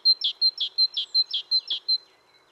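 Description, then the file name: Great tit song: a thin high whistled note followed by a lower buzzy note, the pair repeated five times in quick, even rhythm, ending on a final high note. "Parus major"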